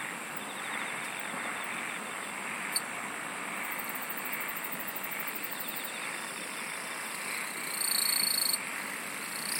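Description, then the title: Insects: high steady shrilling with rhythmic trills, a click, and a louder sustained buzz near the end. "SINGING OF INSECTS"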